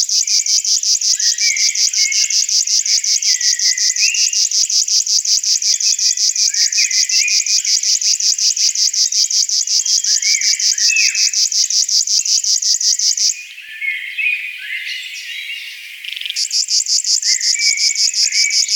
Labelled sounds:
River Warbler song
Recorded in the wild
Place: Selenter See, Schleswig-Holstein, DE
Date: 1986-05-17
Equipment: Uher Report Monitor
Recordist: Schwarz, Dieter

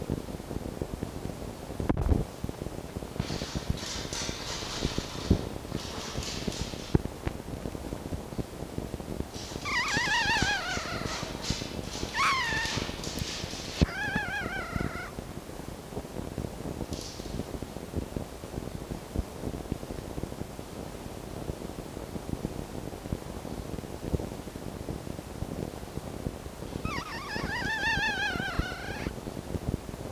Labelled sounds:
Red Fox
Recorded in captivity
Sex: male
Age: juvenile
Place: Zoologisches Institut der HUB, Berlin, DE
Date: 1954-04-16 12:00
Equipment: Elmetra
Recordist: Tembrock, Günter

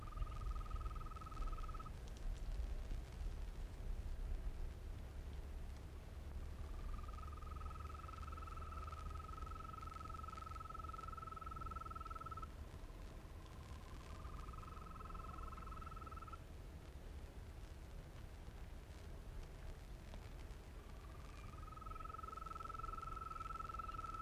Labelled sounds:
Green Toad call
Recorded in the wild
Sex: male
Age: adult
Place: Berlin, OT Blankenfelde, Berlin, DE
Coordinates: 52.6167, 13.3833
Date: 1960-05-29
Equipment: Reporter, Vollspur
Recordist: Günther, Rainer

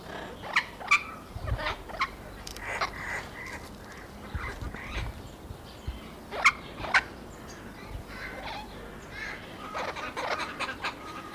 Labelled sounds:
Turquoise-fronted Amazon call
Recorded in captivity
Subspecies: aestiva
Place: Zoo Berlin, Berlin, DE
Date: 1998-03-21 11:46
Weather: heiter, ca. 0°C
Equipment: Nagra SN, Kopie Uher 4000 Report Monitor
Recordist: Tembrock, Günter
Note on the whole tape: Blaustirnamazone (A.a.aestiva): Laute zweier Tiere, interagierend (Entfernung 3 - 4 m)

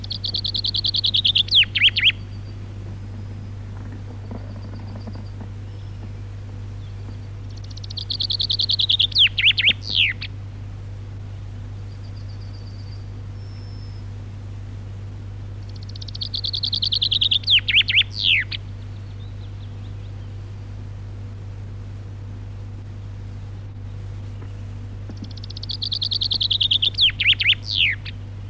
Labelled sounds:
Common Chaffinch song
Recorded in the wild
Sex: male
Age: adult
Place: Przytocko, Pomorskie, PL
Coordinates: 54.1211, 16.8428
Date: 1965-07-05 06:22
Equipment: Grundig TK 4, BG 20/6 - 19 cm/s
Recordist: Schubert, Michael

